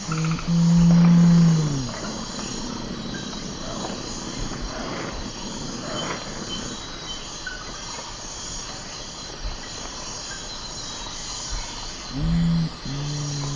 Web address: S America Eastern Lowlands Nothocrax urumutum, song